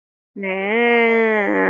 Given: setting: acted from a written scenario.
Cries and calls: vocal sound without words; interest

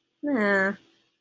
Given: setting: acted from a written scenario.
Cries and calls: vocal sound without words; disappointment

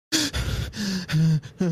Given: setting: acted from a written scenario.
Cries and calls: vocal sound without words; fear

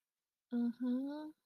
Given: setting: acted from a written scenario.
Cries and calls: vocal sound without words; romantic love

